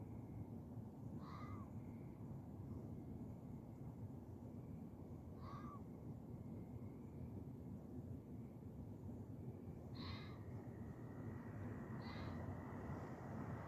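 Animal call given four times, brief harsh notes spaced two to four and a half seconds apart, heard faintly above a constant low roar like traffic.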